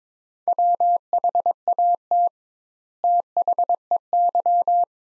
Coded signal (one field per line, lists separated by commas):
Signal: Morse code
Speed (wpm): 21 wpm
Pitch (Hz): 700 Hz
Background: none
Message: WHAT THEY